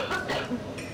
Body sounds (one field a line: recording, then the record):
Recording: coughing mixed with background sound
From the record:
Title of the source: Barking cough - # 10